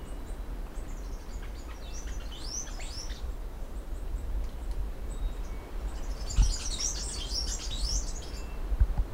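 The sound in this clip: Yellow-green finch calls: bursts of high, sharp chirps and twittering notes near two seconds and again after six seconds, over a steady low rumble of background noise.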